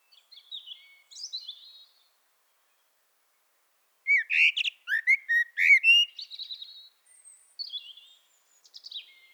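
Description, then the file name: Common blackbird song: quiet high wheezy notes, then a loud fluting, warbled phrase with a rapid twittering end, then more thin high notes. "Turdus merula"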